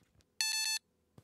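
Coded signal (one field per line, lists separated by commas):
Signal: beep code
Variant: 286 PC motherboard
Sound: three quick, buzzy PC speaker beeps run together, followed by a faint click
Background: quiet room clicks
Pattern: 3 short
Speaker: and we get three quick beeps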